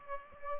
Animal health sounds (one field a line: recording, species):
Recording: mosquito wingbeat signal from an infrared sensor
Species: Aedes aegypti